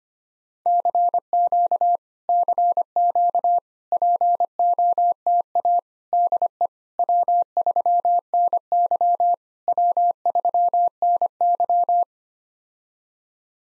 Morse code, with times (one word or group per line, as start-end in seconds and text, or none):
0.7-2.0 CQ
2.3-3.6 CQ
3.9-5.8 POTA
6.1-6.7 DE
7.0-9.3 W3NY
9.7-12.0 W3NY